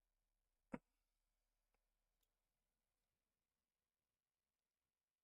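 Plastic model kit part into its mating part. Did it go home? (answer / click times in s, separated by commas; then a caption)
yes / 0.7 s. A plastic model kit part is pressed into its mating part and seats with a single sharp click at 0.8 s. Two faint ticks follow around 1.7 s and 2.2 s, then near silence for the rest of the clip.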